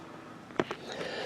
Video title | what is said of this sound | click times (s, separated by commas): Canon CIS For TS9120, TS8120, TS8220 Printers | all the ink out and I severe chamber in the very front there's a little tab that you pull up you can hear it snap | 0.6 s